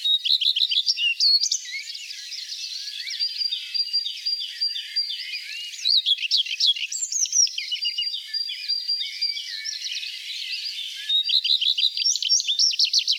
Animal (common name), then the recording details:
Common Redstart. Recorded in the wild. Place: Oberrotweil am Kaiserstuhl, Baden-Württemberg, DE. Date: 1989-05-27. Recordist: Schwarz, Dieter